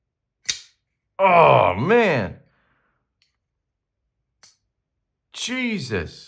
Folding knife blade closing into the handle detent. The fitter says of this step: Oh, you hear that click?